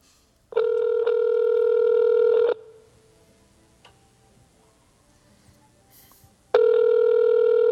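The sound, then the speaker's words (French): A phone line ringing on an outgoing call to a friend, heard faintly in the background: a steady, buzzy ringback tone sounds for about two seconds, falls silent for about four, then starts again. “On entend un petit peu le téléphone en arrière.”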